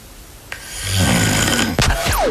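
A single long, rough inhaled snore from an adult man, while asleep. It builds over about a second with a low, fluttering rattle, then ends in an abrupt snort. This is ordinary snoring, with the soft tissue of the throat vibrating as air is drawn in.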